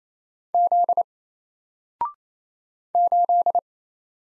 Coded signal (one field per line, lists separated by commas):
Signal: Morse code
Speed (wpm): 28 wpm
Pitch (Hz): 700 Hz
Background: none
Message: Z 8